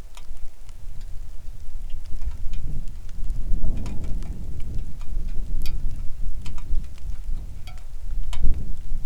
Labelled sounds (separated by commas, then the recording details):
wind, rain
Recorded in the Arctic National Wildlife Refuge, Alaska, on 3 August 2019 at 10:11
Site 41